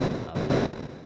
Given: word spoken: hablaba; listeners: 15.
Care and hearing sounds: one Spanish word in noise, from a listening test; noise modulated by one talker; -11.7 dB; 0 of 15; 11 of 15; 0.66 s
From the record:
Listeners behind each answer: 11, 2, 1, 1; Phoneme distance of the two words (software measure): 17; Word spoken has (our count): 3 syllables, 6 phonemes, stress on syllable 2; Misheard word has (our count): 2 syllables, 5 phonemes, stress on syllable 2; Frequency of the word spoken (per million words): 48.21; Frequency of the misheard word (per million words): 197.47

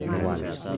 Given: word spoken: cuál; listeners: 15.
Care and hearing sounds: one Spanish word in noise, from a listening test; eight-talker babble; -1.0 dB; 0 of 15; 7 of 15; 0.37 s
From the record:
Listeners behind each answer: 7, 3, 2, 1, 1, 1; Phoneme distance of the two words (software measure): 31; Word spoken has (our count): 1 syllable, 4 phonemes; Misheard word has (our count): 3 syllables, 7 phonemes, stress on syllable 2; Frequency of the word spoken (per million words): 82.56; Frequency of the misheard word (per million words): 31.76

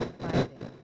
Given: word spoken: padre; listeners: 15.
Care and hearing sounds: one Spanish word in noise, from a listening test; noise modulated by one talker; -12.4 dB; 2 of 15; 6 of 15; 0.43 s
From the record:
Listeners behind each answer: 6, 2, 1, 1, 1, 1, 1, 1, 1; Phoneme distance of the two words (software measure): 14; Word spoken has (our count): 2 syllables, 5 phonemes, stress on syllable 1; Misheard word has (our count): 2 syllables, 5 phonemes, stress on syllable 1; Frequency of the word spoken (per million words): 296.51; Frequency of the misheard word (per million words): 975.03

